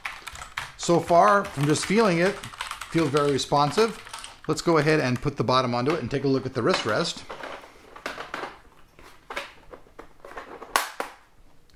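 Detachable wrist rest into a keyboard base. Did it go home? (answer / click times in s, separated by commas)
yes / 10.8 s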